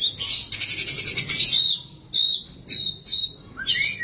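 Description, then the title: Oriental magpie-robin giving a harsh, high, buzzy chattering phrase, followed by several short, sharp whistled notes spaced about half a second apart. "Suara Kicauan Burung Kacer Durasi Panjang"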